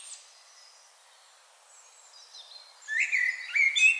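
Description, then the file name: Common blackbird calls: faint thin high notes at first, then after about three seconds a loud burst of varied squeaky chirps and twittering notes. "Turdus merula"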